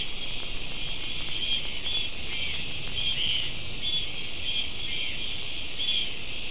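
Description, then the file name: Insects in a steady high-pitched chorus, a dense continuous shrill band with brief lower chirping bursts at irregular intervals. "mainly insect"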